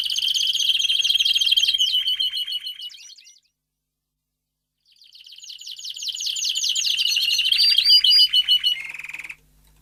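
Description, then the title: Domestic canary song, rapid high trills and rolling phrases for about three seconds, a silent pause, then a swelling run of fast repeated notes ending in a steady buzzy trill. Male Belgian canary singing a lot, for training and warming up young canaries. "Canary Training Esquente Seu Filhote E Canario Belga Macho Cantando Muito"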